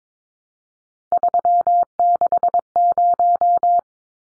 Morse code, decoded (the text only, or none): 360